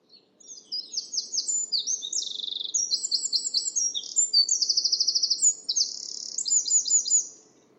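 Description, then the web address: Bird song as a long, continuous jumble of high whistled, slurred and buzzy notes, with rapid trills woven through, over a faint low hum. "cianscape birddata Deverinetal 2025 File origin Bird Only More Classes"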